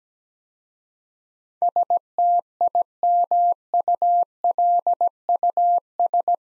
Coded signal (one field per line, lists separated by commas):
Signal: Morse code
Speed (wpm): 17 wpm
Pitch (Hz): 700 Hz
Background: none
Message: STIMULUS